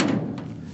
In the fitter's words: so I latched up just fine